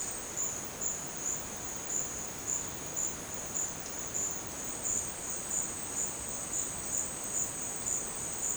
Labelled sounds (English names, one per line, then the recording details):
none
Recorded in dense forest near Puerto Asís, Putumayo, Colombia, on 27 June 2025 at 13:30
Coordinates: 0.484, -76.317
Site G045